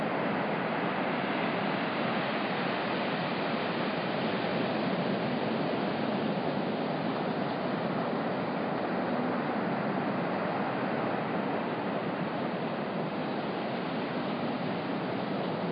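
Ocean surf on a beach at night, heard as a steady, dense roar of rushing water with no clear breaks between waves. The wash stays even in loudness throughout, full in the low and middle range and muffled at the top.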